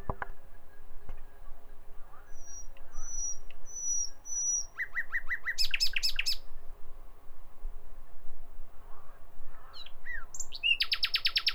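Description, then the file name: Common nightingale song: thin high whistles repeated several times, then a pulsed rattling phrase and a later loud fast trill, with low background rumble throughout. "Nachtigall"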